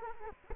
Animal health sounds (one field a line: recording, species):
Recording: mosquito wingbeat signal from an infrared sensor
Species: Culex quinquefasciatus